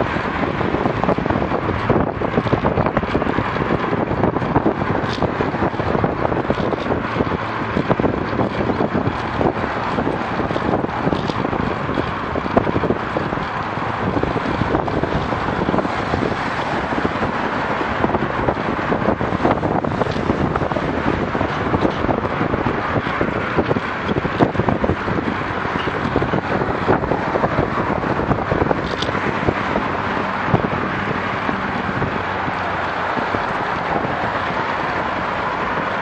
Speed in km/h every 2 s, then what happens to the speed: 29, 28, 28, 28, 28, 27, 27, 27, 27, 27, 26, 27, 27, 26, 26, 26, 26, 26.
0-36 steady at about 27.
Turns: none.